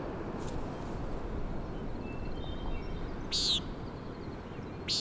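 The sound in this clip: Common nighthawk giving short, nasal, buzzy peent calls over steady wind and surf noise.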